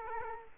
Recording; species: mosquito wingbeat signal from an infrared sensor; Culex quinquefasciatus